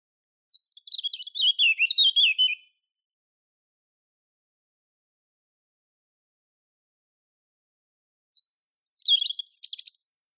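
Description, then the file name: European robin song: a descending warbled phrase, several seconds of silence, then a second phrase reaching higher, thin notes. "Erithacus rubecula"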